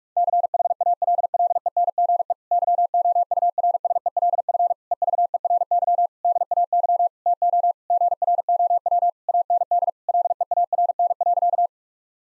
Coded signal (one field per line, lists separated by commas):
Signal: Morse code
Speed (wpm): 46 wpm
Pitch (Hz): 700 Hz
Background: none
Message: CHALLENGE YOURSELF EVERY DAY TO GROW AND LEARN.